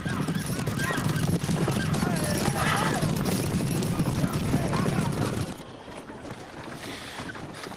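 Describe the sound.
Horses being driven away by the Gauls clip-clop away in a busy, continuous patter of hooves over a broad rumble, with a whinny-like cry and voices mixed in, until the clatter drops off sharply near the end.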